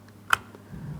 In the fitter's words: Audible click from that, and it is secured the way it needs to be.